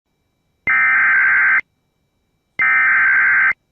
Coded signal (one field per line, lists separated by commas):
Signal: Emergency Alert System (SAME) tones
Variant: header bursts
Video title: (EAS) Oklahoma severe thunderstorm warning 6/17/21